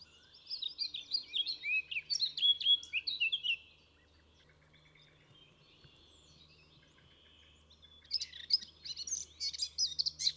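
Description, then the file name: Eurasian blackcap song: a rich, varied warbling phrase of quick notes in the first four seconds, a much quieter, softer passage, then another bright burst of song near the end. "Sylvia atricapilla"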